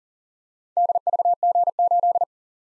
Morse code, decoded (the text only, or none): DVG8